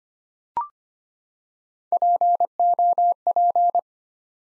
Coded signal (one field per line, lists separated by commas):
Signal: Morse code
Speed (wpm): 25 wpm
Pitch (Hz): 700 Hz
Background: none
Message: POP